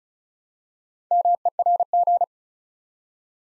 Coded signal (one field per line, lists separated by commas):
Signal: Morse code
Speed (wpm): 36 wpm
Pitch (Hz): 700 Hz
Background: none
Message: MERG